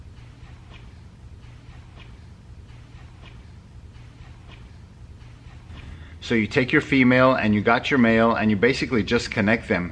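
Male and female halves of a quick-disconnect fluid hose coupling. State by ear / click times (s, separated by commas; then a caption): not seated / none. The male and female halves of an Earl's quick-disconnect fluid hose coupling, with a lubricated o-ring on the hose end, are handled before being pushed together. Only faint, steady low-level noise is heard for about the first six seconds, then someone talks until the end. Nothing has clicked or seated yet.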